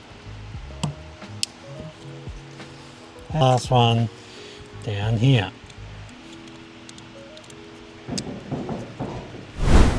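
A connector is pushed onto the fuel filter assembly of a Nissan Navara during a major service and seats with a sharp click at 1.4 s. Someone talks in the middle of the clip over a steady background hum and music, and a few small taps and handling noises follow later.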